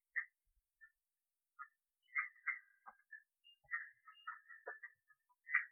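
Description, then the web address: Red-eyed tree frog calls as isolated dry clicks building into a busier string of quick chucks toward the end. "phyllomedusidae Agalychnis-callidryas"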